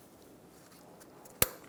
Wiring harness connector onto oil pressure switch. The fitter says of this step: push until you hear a click be sure that it's clicked on give it a pull back